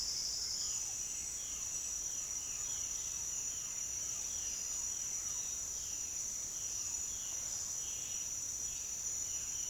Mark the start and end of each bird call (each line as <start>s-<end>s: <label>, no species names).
0.41s-9.70s: bird call